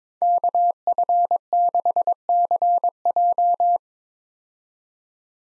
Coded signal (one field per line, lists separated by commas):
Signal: Morse code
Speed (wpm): 22 wpm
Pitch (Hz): 700 Hz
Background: none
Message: KF6CJ